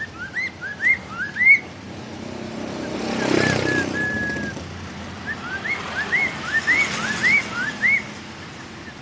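Bird song of short upslurred whistles, given in two bursts with a rushing noise between them and a low background rumble throughout.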